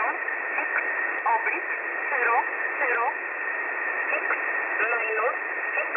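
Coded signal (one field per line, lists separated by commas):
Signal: numbers station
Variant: E11 Oblique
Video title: E11 Oblique 03/10/2022 1045 UTC 7317kHz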